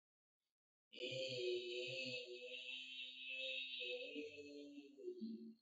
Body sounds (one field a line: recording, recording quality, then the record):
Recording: sustained vowel as in beet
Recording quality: excellent, no background noise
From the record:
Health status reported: healthy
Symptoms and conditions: none ticked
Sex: male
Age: 25 years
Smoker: not ticked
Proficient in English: no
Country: India